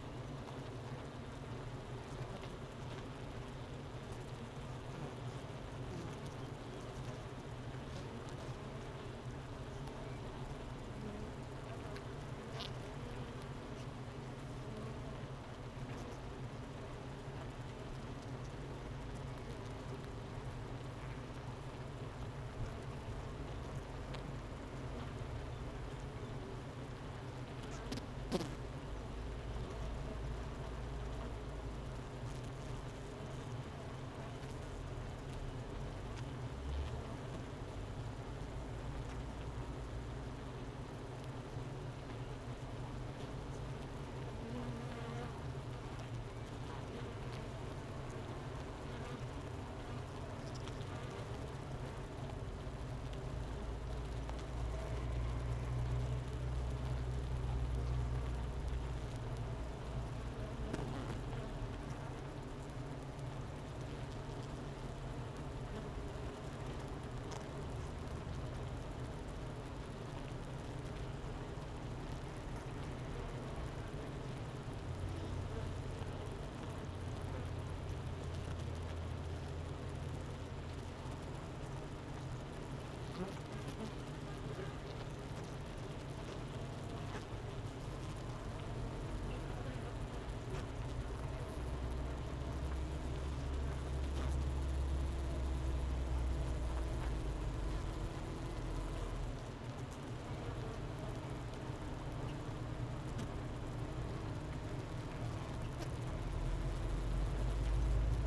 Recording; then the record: honeybee colony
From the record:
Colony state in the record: missing queen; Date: 31 May 2018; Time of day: 10:32